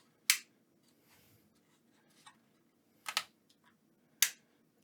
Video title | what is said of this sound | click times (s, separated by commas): Holy Stone HS160 Pro Drone Unboxing & Review Part 1 | no fee I don't know if you guys heard that but there's a nice click to them when you open them or and | 0.3 s, 4.2 s